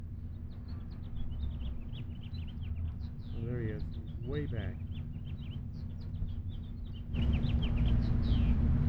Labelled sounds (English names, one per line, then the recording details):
House Finch song
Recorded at Lynbrook on Long Island, New York, on 17 June 1975
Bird C